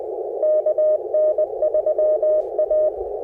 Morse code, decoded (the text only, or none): KN3A